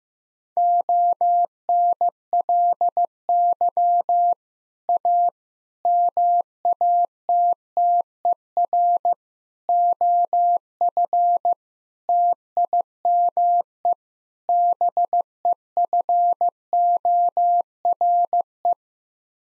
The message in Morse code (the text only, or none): ONLY A MATTER OF TIME BEFORE